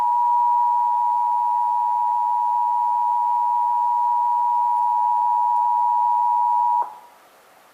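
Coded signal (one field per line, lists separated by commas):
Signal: Emergency Alert System (SAME) tones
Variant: 853 and 960 Hz attention tone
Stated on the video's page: Texas required monthly test as heard on several radio and TV stations, including WBAP, KXAS and WFAA.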